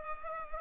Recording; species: mosquito wingbeat signal from an infrared sensor; Culex pipiens